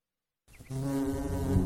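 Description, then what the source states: Bee buzzing, a dense droning hum that begins after a short silence and holds loud and steady to the end. More than one bee, buzzing.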